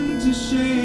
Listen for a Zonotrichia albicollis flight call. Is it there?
no